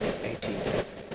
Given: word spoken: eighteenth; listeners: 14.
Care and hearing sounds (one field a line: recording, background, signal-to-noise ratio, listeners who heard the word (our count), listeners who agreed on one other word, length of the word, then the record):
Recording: one English word in noise, from a listening test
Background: noise modulated by three-talker babble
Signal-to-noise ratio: -5.9 dB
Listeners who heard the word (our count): 1 of 14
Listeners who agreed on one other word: 6 of 14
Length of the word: 0.75 s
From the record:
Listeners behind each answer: 6, 3, 1, 1, 1, 1, 1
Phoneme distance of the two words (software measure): 7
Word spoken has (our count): 2 syllables, 5 phonemes, stress on syllable 1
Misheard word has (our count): 2 syllables, 4 phonemes, stress on syllable 1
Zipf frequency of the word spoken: 2.36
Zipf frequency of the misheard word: 2.85